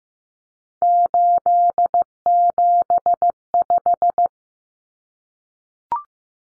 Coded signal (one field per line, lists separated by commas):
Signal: Morse code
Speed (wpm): 15 wpm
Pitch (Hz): 700 Hz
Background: none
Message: 875